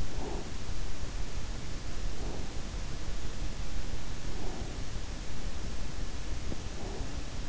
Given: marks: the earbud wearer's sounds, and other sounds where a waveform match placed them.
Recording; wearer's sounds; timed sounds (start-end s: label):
sounds in sleep by an in-ear microphone; breath
0.00-0.58 s: breath
2.13-2.61 s: breath
4.33-4.87 s: breath
6.33-7.14 s: breath